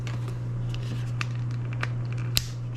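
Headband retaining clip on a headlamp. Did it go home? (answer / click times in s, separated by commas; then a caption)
released / 2.4 s. The plastic headband retaining clip on the back of a Nitecore NU45 headlamp is popped open by hand so the door opens and the headband can be removed. A few faint ticks and handling sounds over a steady low hum lead to a sharp snap at 2.4 s, and the clip is released.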